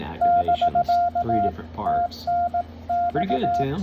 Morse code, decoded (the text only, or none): <BK> TNX